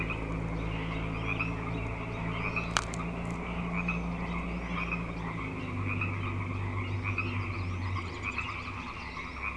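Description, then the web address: Frogs chorusing with dense continuous trills, a loud low droning hum underneath and a sharp click early on. Frog chorus on Grafton Lake, recorded 3 May 2009. "The Frog Chorus Tunes Up On Grafton Lake frogs 090503"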